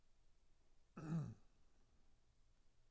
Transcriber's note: he clears his throat